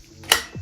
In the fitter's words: You'll hear it click just like that.